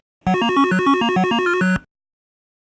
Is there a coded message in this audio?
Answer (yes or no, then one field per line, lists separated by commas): no